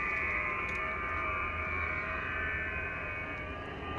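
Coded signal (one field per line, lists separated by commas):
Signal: FT8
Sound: dense cluster of many faint steady tones warbling together under hiss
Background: radio static, low hum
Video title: VP6D, Ducie Is. Pacific Ocean, 14MHz, FT8, Worked by HL2WA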